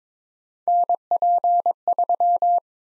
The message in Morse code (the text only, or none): NP3